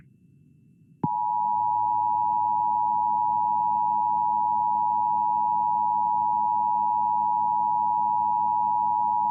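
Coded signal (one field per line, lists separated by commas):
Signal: Emergency Alert System (SAME) tones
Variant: 853 and 960 Hz attention tone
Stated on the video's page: Child abduction emergency alert aired on an AM radio station after talk programming.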